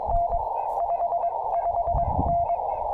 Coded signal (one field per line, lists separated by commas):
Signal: Morse code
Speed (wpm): 20 wpm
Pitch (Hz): 690 Hz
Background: radio noise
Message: N 55N